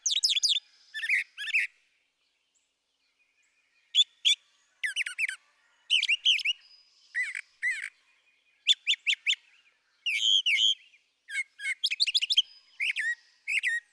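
Brown thrasher singing a long stream of doubled phrases: sharp chips, slurred whistles and scratchy notes, each phrase repeated before a new one, with brief gaps.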